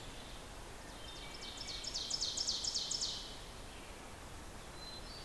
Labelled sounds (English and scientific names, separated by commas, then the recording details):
Ovenbird (Seiurus aurocapilla) song
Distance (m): 65 m
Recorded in boreal forest in Alberta, Canada, on 14 June 2016 at 05:31
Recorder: SongMeter 3, array SBT-3-33
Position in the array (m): 115 m, 25 m
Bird 21